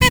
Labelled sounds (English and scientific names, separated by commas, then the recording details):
Zebra Finch (Taeniopygia guttata) stack call
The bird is a male
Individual mal2